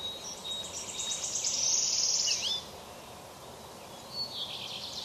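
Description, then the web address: Flycatcher giving a fast high buzzy trill of repeated notes, a quick upslurred chip, then a softer trill fragment near the end, amid steady hiss. "flycatcher bird call"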